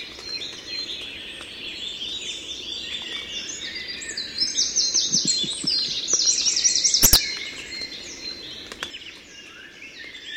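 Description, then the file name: Eurasian wren song, high, rapid trilling phrases rising out of a busy, noisy background, with a sharp snap near the middle. "Troglodytes troglodytes"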